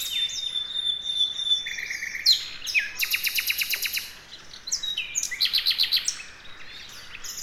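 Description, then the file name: Common nightingale song: a drawn-out whistle, then a loud volley of rapid repeated notes, and later another quick series of high notes. "Luscinia megarhynchos"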